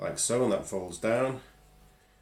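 A folding plastic part of a transforming robot toy is handled during the toy's transformation as someone talks, with quiet room tone after the speech fades around 1.5 seconds. The part is being folded down to lock into the body, but nothing has seated or clicked yet.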